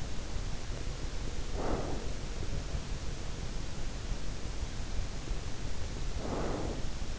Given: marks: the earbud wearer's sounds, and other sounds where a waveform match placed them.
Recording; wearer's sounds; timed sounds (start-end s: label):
sounds in sleep by an in-ear microphone; breath
1.40-2.48 s: breath
6.02-7.19 s: breath